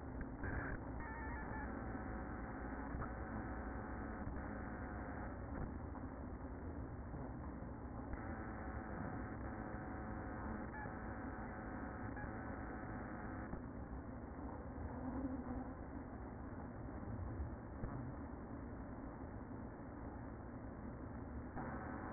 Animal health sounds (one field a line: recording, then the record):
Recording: honeybee colony, microphone inside the hive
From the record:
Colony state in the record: queen present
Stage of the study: after two queens were removed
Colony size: about 60,000 bees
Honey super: yes